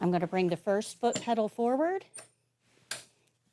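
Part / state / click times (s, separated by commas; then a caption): swing-away leg rest on a wheelchair frame / seated / 2.9 s. A swing-away wheelchair foot pedal and leg rest is swung forward until it latches onto the wheelchair frame. Someone talks, then a sharp metal click at 2.9 s shows the leg rest has locked into place.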